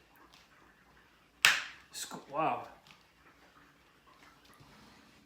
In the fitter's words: Closes pretty tightly. You hear that snap.